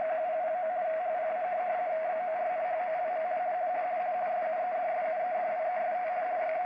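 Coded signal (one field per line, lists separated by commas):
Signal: RTTY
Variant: 50 baud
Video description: Seewetterbericht vom Deutschen Wetterdienst in Pinneberg - DDH47 - 147,3 kHz auf der Langwelle in RTTY 50 Baud.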